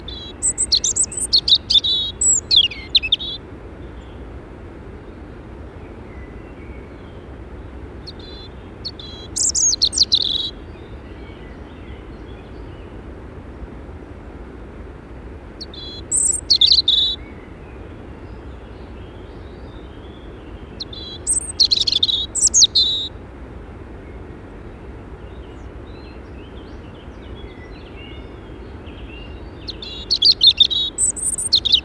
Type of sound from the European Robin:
song